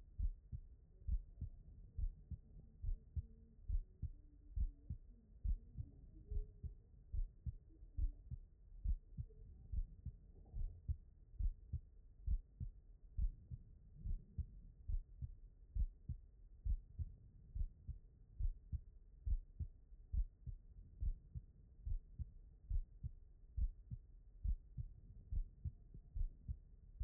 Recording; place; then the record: heart sounds by stethoscope; aortic valve (AV)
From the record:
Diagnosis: non-HFrEF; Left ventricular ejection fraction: 56%